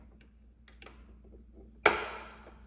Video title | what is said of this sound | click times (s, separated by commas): How To : Thread and use a sewing machine - Wig Making - *BEGGINER FRIENDLY* | And then you want to click it. You want to make sure it clicks in its specific hole, | 1.9 s